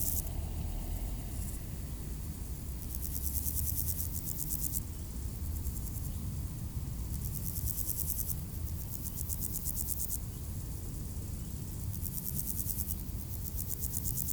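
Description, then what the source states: Grasshoppers producing series of high, finely pulsed buzzes, roughly every few seconds, beneath a constant deep traffic drone. Beside the D633 road at Aveize, France, with passing cars; Sony PCM-M10 recorder, AB microphone position.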